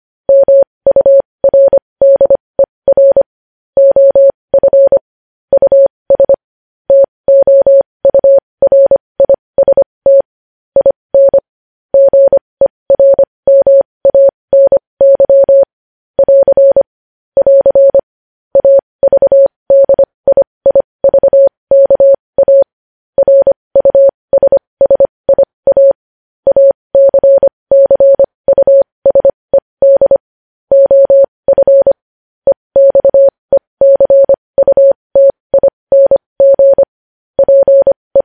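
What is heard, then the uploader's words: Morse code sent as a single steady mid-pitched tone, keyed on and off in short dots and longer dashes with brief gaps between letters and words. The keying runs continuously for the whole stretch at an even pace, clean, with no background noise. Morse code.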